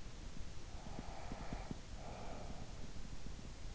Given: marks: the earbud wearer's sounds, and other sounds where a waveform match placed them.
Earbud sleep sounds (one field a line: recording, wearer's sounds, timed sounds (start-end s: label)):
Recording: sounds in sleep by an in-ear microphone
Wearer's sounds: breath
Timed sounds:
0.23-3.43 s: breath